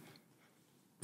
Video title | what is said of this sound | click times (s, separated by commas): German M65 Gas Mask | you have your lid a little clip that just snaps right into there very easily unhook it open | 0.2 s